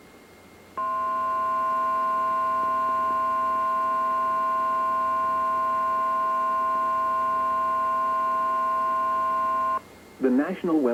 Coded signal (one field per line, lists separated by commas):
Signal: Emergency Alert System (SAME) tones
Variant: 1050 Hz attention tone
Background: speech